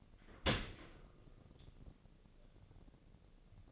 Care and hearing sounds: daily activity, microphone in the room; open dishwasher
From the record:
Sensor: 4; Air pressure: 1013.2 hPa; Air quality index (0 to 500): 175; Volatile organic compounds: 2 ppm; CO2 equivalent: 1100 ppm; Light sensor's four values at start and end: 73/182/75/77 and 73/180/75/76

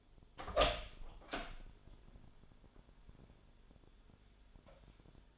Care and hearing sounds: daily activity, microphone in the room; open door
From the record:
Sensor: 5

